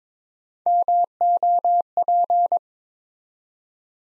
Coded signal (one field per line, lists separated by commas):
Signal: Morse code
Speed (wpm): 22 wpm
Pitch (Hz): 700 Hz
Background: none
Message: MOP